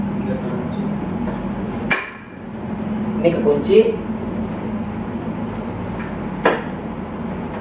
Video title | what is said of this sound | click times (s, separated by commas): Kursi Louis Ini Paling Banyak Dicari! Wagelasih, Fiturnya Lengkap Masih Diharga 1jt-an | sedikit orang ke belakang dikit nah Sampai bunyi klik yang kembali kayak gini ini | 1.9 s